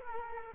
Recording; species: mosquito wingbeat signal from an infrared sensor; Culex quinquefasciatus